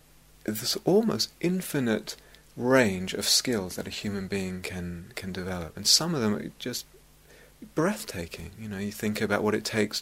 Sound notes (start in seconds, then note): none